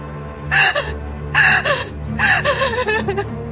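A woman having labor contractions gasps and moans in three strained, breathy bursts, each sharp intake sliding into a wavering vocal groan, the last one longer and more ragged. No speech.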